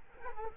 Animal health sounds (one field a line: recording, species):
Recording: mosquito wingbeat signal from an infrared sensor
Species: Culex quinquefasciatus